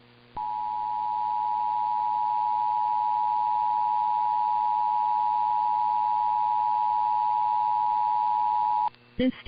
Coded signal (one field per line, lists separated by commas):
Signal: Emergency Alert System (SAME) tones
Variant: 853 and 960 Hz attention tone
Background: speech